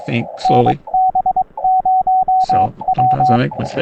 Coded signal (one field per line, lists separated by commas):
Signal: Morse code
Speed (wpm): 22 wpm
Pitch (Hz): 750 Hz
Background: speech, radio noise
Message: NB0W